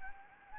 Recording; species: mosquito wingbeat signal from an infrared sensor; Anopheles gambiae